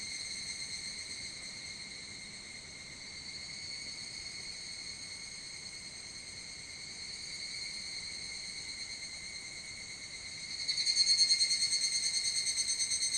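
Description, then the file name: Evening cicada song, a steady high ringing trill of rapid pulses, swelling louder near the end. Recorded on 25 July 2022 at 04:39. "higurashi 220725"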